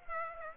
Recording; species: mosquito wingbeat signal from an infrared sensor; Aedes aegypti